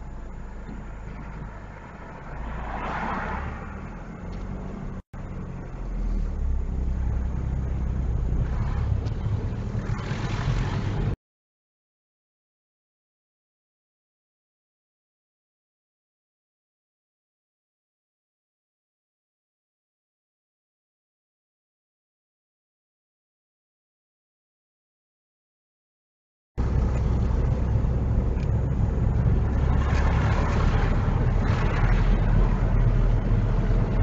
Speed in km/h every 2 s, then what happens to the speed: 0, 0, 0, 8, 13, 18, 15, 15, 11, 10, 6, 16, 18, 18, 21, 21, 23.
0-5 standing. 5-9 pulls away to 18. 9-20 slows to 6. 20-23 speeds up to 18. 23-34 steady at about 21.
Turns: none.